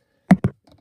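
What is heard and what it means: The tab on the plastic leg assembly of a Studio Series 91 Leader Class The Fallen transforming action figure is unclipped from its slot before the assembly is folded down. A sharp plastic click at 0.3 s is followed by a second, quieter snap at 0.4 s and faint light ticks near 0.7–0.8 s. The tab comes free of the slot and the leg assembly is released.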